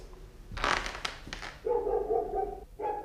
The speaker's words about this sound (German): Mama, der Mino bellt schon wieder. Nee, lass ihn bellen.